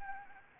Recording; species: mosquito wingbeat signal from an infrared sensor; Anopheles gambiae